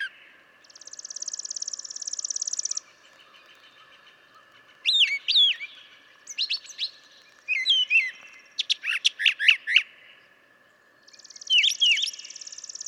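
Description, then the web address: Brown Thrasher song with a long dry buzzy trill, then varied paired chips and slurred whistles, ending with another buzzy trill. "birdsongforthecurious Brown Thrasher"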